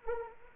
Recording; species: mosquito wingbeat signal from an infrared sensor; Anopheles arabiensis